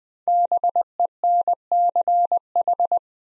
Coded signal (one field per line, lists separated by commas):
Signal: Morse code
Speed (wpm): 20 wpm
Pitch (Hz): 700 Hz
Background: none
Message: BENCH